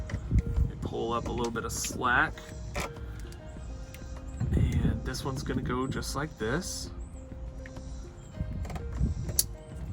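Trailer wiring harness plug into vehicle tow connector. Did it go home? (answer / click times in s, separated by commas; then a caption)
yes / 9.4 s. Under the rear of a 2017 Nissan Pathfinder, the gray plug of a 7-pin trailer wiring harness is pushed into the vehicle's factory tow-wiring connector while someone talks over faint background music. A sharp, loud click at 9.4 seconds marks the plug seating firmly in the connector.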